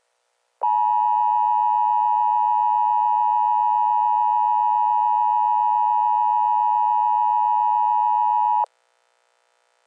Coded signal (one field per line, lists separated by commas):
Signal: Emergency Alert System (SAME) tones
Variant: 853 and 960 Hz attention tone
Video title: RWT 11-6-24 (EAS 33)